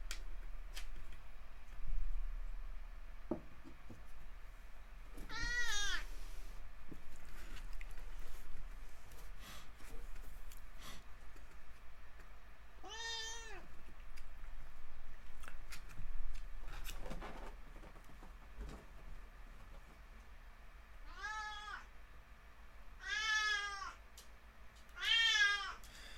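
A cat meows repeatedly, about six drawn-out, rising-and-falling calls spaced irregularly over the stretch, with a few soft clicks and faint background noise between them and no talking.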